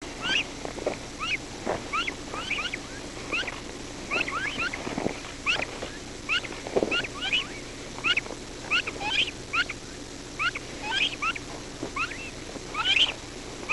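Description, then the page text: Horned coot calls: short, sharply rising notes given in quick, irregular runs, with a steady low hum underneath. "Carlos Silva-Quintas - Рогатая лысуха (Fulica cornuta)"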